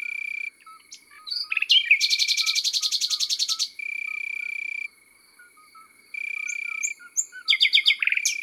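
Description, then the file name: Common nightingale song: a long, loud, rapid pulsing series of notes after varied sweeps, with steady insect trills and soft low chirps around it. Recorded in the countryside. "Rossignol philomele Chants doiseaux dans la campagne"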